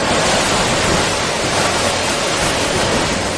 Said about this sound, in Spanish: Esto son las olas del mar, las olas del mar que algunos ven durante ese mes de agosto, que algunos ven y algunos oyen.